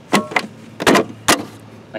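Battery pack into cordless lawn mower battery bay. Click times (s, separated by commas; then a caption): 0.4 s, 0.9 s. An 80V lithium-ion battery pack is slid like a drawer into the battery compartment of a PowerSmart 80V 26-inch self-propelled dual-blade cordless lawn mower, lined up with the rear contacts, and pushed in. Sharp clicks sound at 0.4 s and 0.9 s, with a later softer knock near 2.0 s. The battery pack is seated in its bay.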